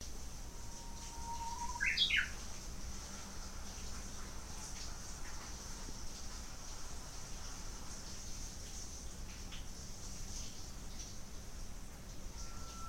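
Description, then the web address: Japanese bush warbler song, one phrase: a held low whistle ending in a sharp warbled flourish, then long quiet with a faint whistle start near the end; constant background hum. "lovepostpet. 20200625 uguisu"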